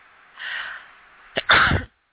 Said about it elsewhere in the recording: I didn't mean to sneeze in your ears here.